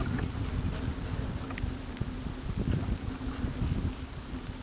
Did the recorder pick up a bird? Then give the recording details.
no. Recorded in pastures near Pivijay, Magdalena, Colombia, on 1 June 2023 at 15:30. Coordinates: 10.456, -74.369. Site P6-G026